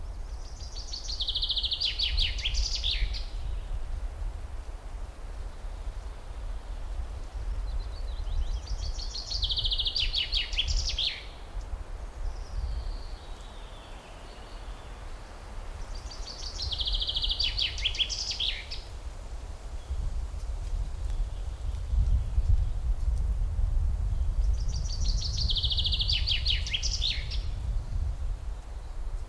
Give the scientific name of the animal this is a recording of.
Fringilla coelebs